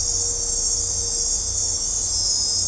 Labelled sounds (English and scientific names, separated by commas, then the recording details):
none
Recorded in dense forest near Puerto Asís, Putumayo, Colombia, on 15 December 2024 at 22:00
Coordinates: 0.503, -76.323
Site G043